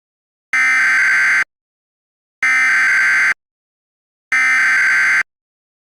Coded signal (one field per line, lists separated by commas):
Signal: Emergency Alert System (SAME) tones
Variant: header bursts